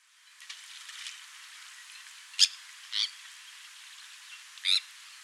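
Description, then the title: Sandwich tern giving three brief harsh, scratchy calls spaced unevenly, from under a second to nearly two seconds apart, over a low hiss. "Sylvain Jaskowiak - Mes piafs. Sternes Caugek"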